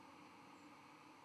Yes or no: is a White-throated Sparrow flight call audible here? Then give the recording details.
yes. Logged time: 06:19 on 31 October 2014